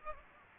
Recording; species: mosquito wingbeat signal from an infrared sensor; Aedes aegypti